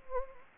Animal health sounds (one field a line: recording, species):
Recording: mosquito wingbeat signal from an infrared sensor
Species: Anopheles gambiae